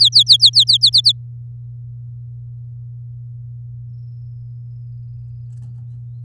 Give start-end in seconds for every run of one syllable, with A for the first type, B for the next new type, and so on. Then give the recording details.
0.00-0.77 A, 0.81-1.12 B. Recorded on 8 May 2018 at 07:37. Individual llb16